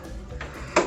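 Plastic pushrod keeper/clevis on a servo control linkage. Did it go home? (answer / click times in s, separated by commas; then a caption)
yes / 0.8 s. Pliers pinch a plastic pushrod keeper, or clevis, shut on the servo control linkage of an RC airplane while a dead servo is being replaced. After a faint tick at 0.4 s, a sharp, bright snap lands at 0.8 s as the keeper clicks closed and seats.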